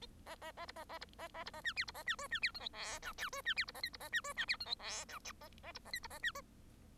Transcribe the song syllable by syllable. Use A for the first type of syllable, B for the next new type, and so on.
A A A B A A B A A B A C D B A C E C D F G H I J E C D B A K B A C E C D F G H I A A B A K B A C